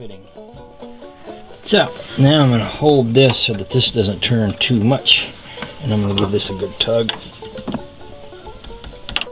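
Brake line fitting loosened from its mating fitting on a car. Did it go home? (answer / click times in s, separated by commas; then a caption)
released / 9.2 s. On a 1961 Chrysler, a seized steel brake line fitting is given a hard tug with a wrench while the mating part is held so it won't turn too much, as someone talks. The fitting breaks loose with a sharp click at 9.2 s, popping free from its mating fitting.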